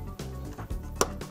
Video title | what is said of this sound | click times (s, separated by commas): ThinkCentre M83 / M93p Small Form Factor Desktop - Front Audio and USB Assembly Replacement | and then press down on the clip until it snaps into place. | 1.0 s